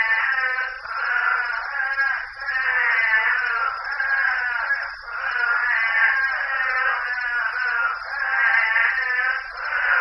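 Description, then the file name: Couch's spadefoot chorus, overlapping nasal bleating wails that swell and fade every second or two, with a steady high insect-like hum running underneath. Saguaro National Park, 5 July 2011. "Couchs Spadefoot Toad Saguaro NP 20110705"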